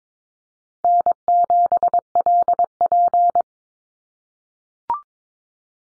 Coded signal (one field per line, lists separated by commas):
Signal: Morse code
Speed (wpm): 22 wpm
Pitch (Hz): 700 Hz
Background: none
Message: N7LP